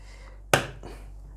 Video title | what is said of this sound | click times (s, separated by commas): Prototyping the Boeing 737 Dual Control Yokes | just click into place i'm glad that worked because i've not actually tried this yet | 0.5 s